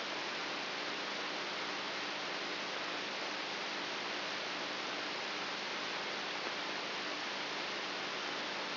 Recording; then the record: brain microelectrode recording played as sound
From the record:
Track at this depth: inside the subthalamic nucleus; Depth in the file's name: 4.44 mm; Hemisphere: right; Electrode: 3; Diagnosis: Parkinson's disease